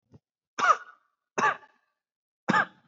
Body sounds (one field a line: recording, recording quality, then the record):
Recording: shallow voluntary cough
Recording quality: excellent, no background noise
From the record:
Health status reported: recovered from COVID-19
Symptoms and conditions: fever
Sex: male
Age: 27 years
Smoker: not ticked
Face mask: not worn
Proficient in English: yes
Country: India